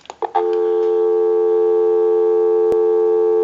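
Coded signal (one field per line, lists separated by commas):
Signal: telephone call progress tone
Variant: North America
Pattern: dial tone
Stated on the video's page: Call progress tone heard on a Western Electric 554 rotary dial telephone during initial checkout and repair.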